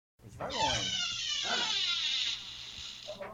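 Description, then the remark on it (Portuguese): A house door creaks as it is closed after letting a dog out, one long, wavering, high-pitched squeal that lasts nearly three seconds, loud and strained, then trails off with a brief final groan. “Essa porta tá saindo no áudio, cara.”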